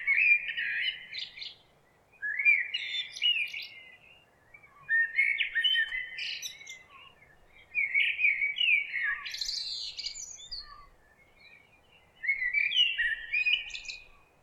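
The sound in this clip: Bird repeating short, bright warbling phrases of rising and falling notes every few seconds, against a quiet background.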